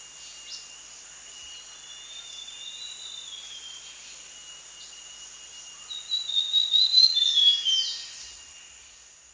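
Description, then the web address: Brown fulvetta song: a short burst of high, jittery whistled notes late, set against a constant shrill insect hum. Recorded in Danum Valley, Borneo, on 1 January 2008. "DANUM 20080101. brown fulvetta"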